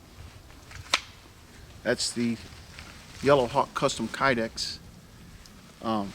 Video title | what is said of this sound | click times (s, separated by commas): Lean To Shelter | click that you hear when you insert your we um your knife | 0.9 s